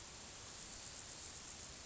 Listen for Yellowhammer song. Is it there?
no